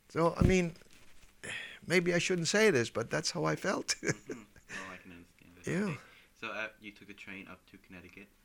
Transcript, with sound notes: So, I mean, maybe I shouldn't say this, but that's how I felt (he laughs)
Uh, huh. Well, I can understand this feeling. So um, you took a train up to Connecticut.